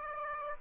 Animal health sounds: mosquito wingbeat signal from an infrared sensor; Aedes aegypti

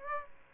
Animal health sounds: mosquito wingbeat signal from an infrared sensor; Aedes aegypti

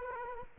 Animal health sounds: mosquito wingbeat signal from an infrared sensor; Culex quinquefasciatus

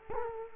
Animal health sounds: mosquito wingbeat signal from an infrared sensor; Culex quinquefasciatus

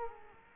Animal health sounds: mosquito wingbeat signal from an infrared sensor; Culex quinquefasciatus

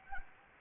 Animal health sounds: mosquito wingbeat signal from an infrared sensor; Anopheles gambiae

